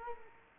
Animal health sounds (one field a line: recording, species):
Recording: mosquito wingbeat signal from an infrared sensor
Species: Culex quinquefasciatus